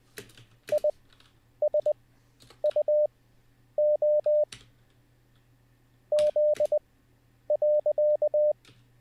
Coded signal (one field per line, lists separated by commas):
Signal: Morse code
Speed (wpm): 20 wpm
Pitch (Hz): 600 Hz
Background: none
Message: ISUO Z.